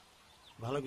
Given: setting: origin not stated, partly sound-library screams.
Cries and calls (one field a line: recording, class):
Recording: one-second piece from a danger detection set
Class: normal situation